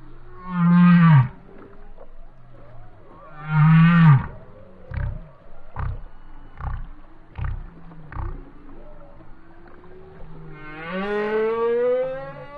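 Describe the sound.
Whale song: two loud descending moans with rich harmonics, then a run of short low pulses and a long rising upsweep at the end.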